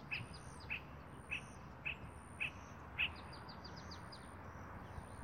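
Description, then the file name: Spot-flanked barbet repeating six short clipped notes around twice a second for about three seconds, then stopping, with thin high descending notes just after the last one. "Tricholaema lacrymosa - Spot-flanked Barbet"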